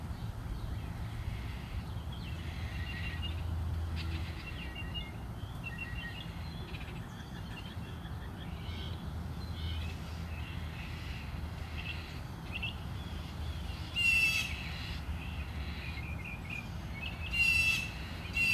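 Birds sing outside a house, with scattered chirps and short warbling phrases coming through the whole time, two brighter, louder calls standing out near 14 and 17 seconds. Underneath runs a steady low rumble, like traffic, that swells and fades slightly.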